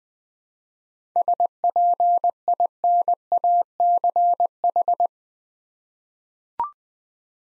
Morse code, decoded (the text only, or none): SPINACH